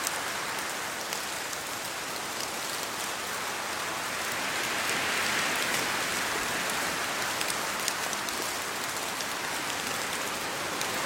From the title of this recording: sit by the quiet lake, watch the branches and raindrops dance